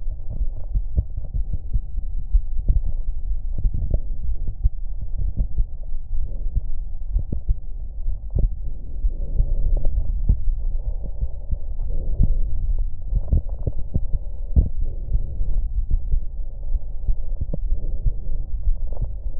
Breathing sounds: lung sounds by stethoscope; right anterior apical chest; quiet breathing, then deep breathing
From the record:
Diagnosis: interstitial lung disease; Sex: female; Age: 60 years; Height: 154 cm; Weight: 68.1 kg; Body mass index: 28.7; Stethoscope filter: extended mode

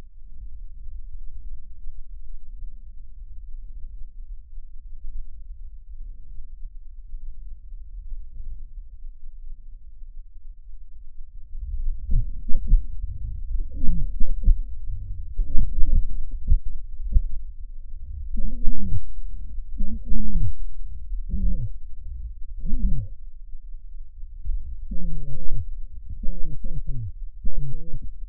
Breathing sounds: lung sounds by stethoscope; trachea; quiet breathing, then cough and speech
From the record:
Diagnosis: COPD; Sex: male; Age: 75 years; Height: 182 cm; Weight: 98 kg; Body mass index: 29.6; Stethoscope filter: bell mode

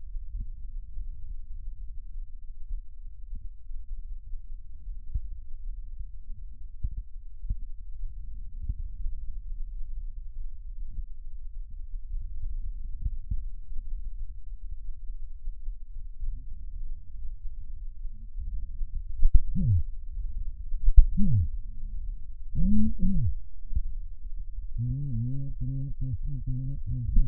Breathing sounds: lung sounds by stethoscope; right posterior apical chest; quiet breathing, then cough and speech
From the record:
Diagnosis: pulmonary infection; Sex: male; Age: 54 years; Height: 187 cm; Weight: 95 kg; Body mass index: 27.2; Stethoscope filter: bell mode

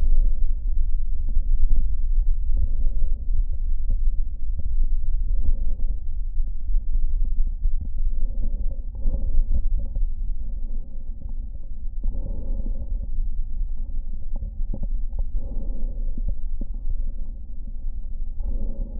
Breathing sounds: lung sounds by stethoscope; left anterior apical chest; quiet breathing, then deep breathing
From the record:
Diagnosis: COPD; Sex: male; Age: 78 years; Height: 162 cm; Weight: 66.4 kg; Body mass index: 25.3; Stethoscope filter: diaphragm mode

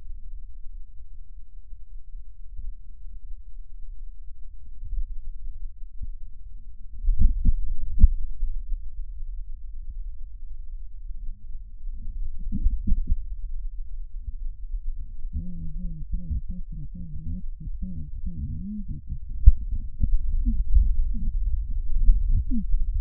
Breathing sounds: lung sounds by stethoscope; right posterior basal chest; quiet breathing, then cough and speech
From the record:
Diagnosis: interstitial lung disease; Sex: female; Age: 70 years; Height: 160 cm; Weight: 93 kg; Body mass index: 36.3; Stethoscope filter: bell mode

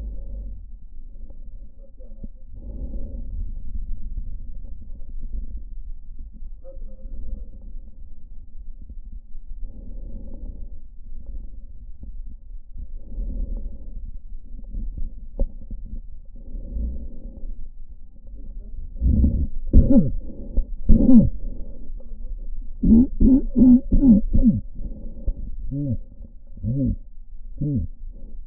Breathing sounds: lung sounds by stethoscope; left anterior apical chest; quiet breathing, then cough and speech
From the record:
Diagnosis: COPD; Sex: male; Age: 70 years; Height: 170 cm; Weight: 74 kg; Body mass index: 25.6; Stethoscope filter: diaphragm mode

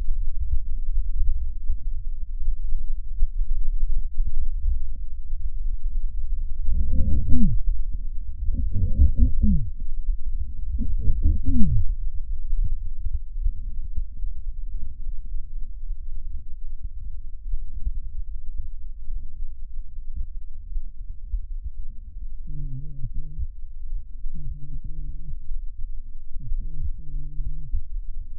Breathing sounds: lung sounds by stethoscope; right posterior apical chest; quiet breathing, then cough and speech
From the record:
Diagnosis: interstitial lung disease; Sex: male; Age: 72 years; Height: 167 cm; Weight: 74 kg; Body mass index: 26.5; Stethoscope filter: bell mode

